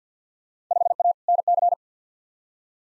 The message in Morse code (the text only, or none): 5A NC